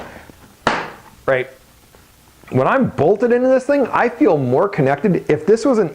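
A boot heel cleat on a 2019 Burton Step On is pressed further into the snowboard binding's heel hook after the first step-in gave only one click. A loud, sharp click at 0.7 s marks it reaching the second, fully locked position. A softer knock follows, then someone talks.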